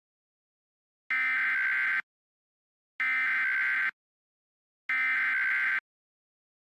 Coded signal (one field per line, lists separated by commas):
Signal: Emergency Alert System (SAME) tones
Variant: header bursts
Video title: two point six | An EAS Recreation of the May 31, 2013 El Reno Tornado | Jackeltron